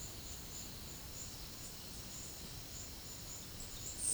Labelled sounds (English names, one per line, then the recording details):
none
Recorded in pastures near Puerto Asís, Putumayo, Colombia, on 12 March 2025 at 11:30
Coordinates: 0.505, -76.324
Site GP08